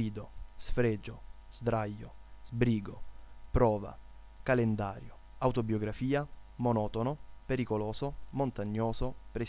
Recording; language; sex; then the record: read list of words; Italian; male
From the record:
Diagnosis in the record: healthy control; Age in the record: 20 years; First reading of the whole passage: 40 s, 12.9 characters per second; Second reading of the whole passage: 40 s, 12.9 characters per second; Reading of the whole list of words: 47 s, 6.0 characters per second